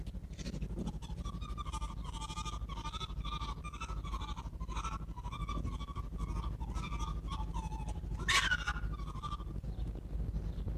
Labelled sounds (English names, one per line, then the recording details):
Arctic Fox
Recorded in captivity
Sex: pair
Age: adult
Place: Zoologisches Institut der HUB, Berlin, DE
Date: 1957-04-05 14:30
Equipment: Elmetra
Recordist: Tembrock, Günter